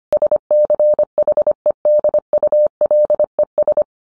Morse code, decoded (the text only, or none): SCHEDULES